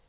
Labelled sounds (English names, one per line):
Lucy's Warbler flight call